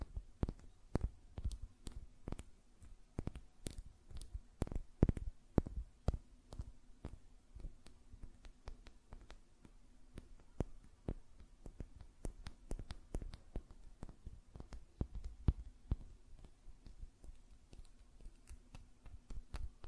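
Fingernails tap and flutter in quick, uneven bursts, each a sharp click that flashes from low thuds up to crisp highs. The clicks come several per second throughout, with a louder cluster near five seconds. A faint steady hum sits underneath.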